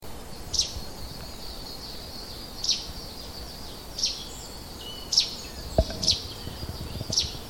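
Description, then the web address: Eurasian tree sparrow chirping: several brief, high, sharp notes spaced irregularly over a constant hiss of background noise, with one dull low knock. "mountain sparrow call"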